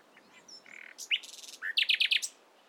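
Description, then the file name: Common nightingale song: a short varied phrase of soft notes, a buzzy trill, then a loud series of sharp repeated chirps ending in an upslur. "Luscinia megarhynchos"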